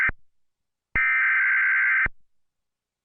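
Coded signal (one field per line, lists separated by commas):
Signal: Emergency Alert System (SAME) tones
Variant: header bursts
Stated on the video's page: EAS alert received on a TV, with glitches from the television.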